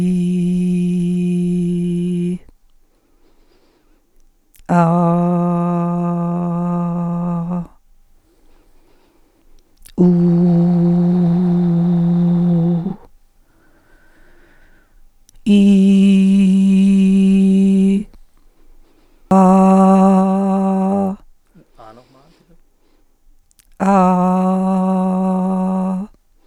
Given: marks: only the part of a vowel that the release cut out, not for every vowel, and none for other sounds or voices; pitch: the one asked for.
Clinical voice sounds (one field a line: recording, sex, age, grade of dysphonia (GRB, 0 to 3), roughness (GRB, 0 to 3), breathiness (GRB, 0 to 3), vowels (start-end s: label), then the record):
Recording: sustained vowels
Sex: female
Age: 50 to 59 years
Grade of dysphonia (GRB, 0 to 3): 1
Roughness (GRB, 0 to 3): 0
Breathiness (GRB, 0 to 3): 1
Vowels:
0.00-1.94 s: vowel /i/, normal pitch
5.21-7.15 s: vowel /a/, normal pitch
10.09-11.31 s: vowel /u/, normal pitch
15.80-17.83 s: vowel /i/, high pitch
24.10-25.90 s: vowel /a/, high pitch
From the record:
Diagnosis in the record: functional dysphonia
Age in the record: 58 years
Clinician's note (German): Psychogene Komponente